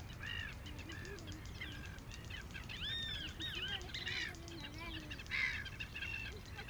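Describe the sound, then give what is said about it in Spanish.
Repeated arching gull calls, high and fairly strong, rise and fall over a steady rushing wind at Laguna de Rocha, with a brief burst of squawking near the end. “Venteleo, gaviota, claro que el sonido del viento estaba también.”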